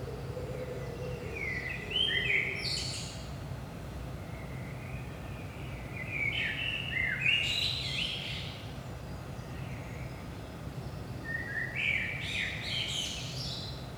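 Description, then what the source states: Common blackbird song: three separate melodious phrases roughly every five seconds, each closing with a high strained twitter; faint low hum at the start. Blackbird at 5 am in the early morning, Saint-Gilles, Belgium; DPA 4060 microphones in AB position into a Zoom F3.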